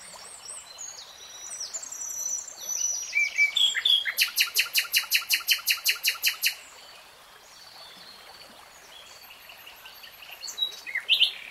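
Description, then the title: Nightingale song with jumbled high chatter building into a long, loud series of rapid rattling strokes, then quieter scattered high notes. "[Tiếng chim hót] Nightingale Singing"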